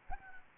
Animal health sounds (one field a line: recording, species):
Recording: mosquito wingbeat signal from an infrared sensor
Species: Anopheles gambiae